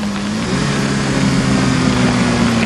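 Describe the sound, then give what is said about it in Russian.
A car engine hums with a steady low drone and a faint rumble, its pitch shifting slightly as Frank's car slows and pulls over to the roadside. No voices are heard. “Фрэнк останавливает машину.”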